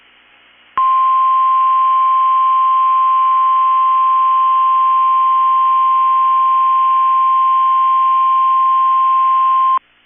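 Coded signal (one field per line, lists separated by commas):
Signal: Emergency Alert System (SAME) tones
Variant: 1050 Hz attention tone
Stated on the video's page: Required Weekly Test from NOAA Weather Radio transmitter KEC65.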